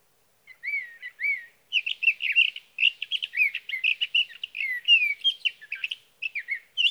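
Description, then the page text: Sage thrasher singing a sustained, jumbled warble of quick slurred whistles and buzzy notes, with only brief breaks. Male, Sierra Valley, California, June 12–15, 2018; from a series of his night songs, recorded by a Swift recorder near his night roost, and his day songs. "Sage thrasher songs, through the night."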